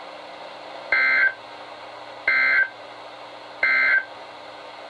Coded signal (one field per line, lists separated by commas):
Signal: Emergency Alert System (SAME) tones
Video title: EAS #1204-1208: Marine Warnings and Tests | KHB36